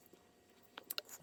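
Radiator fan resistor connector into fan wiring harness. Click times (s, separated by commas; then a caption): 0.9 s. The plastic electrical connector of a radiator fan resistor on a Dodge Journey (Pentastar V6) is pushed onto the fan wiring harness; it only fits one way. A cluster of sharp snaps sounds at about 0.8, 0.9 and 1.0 seconds, with the seating click at 0.9 s. The connector is confirmed fully seated.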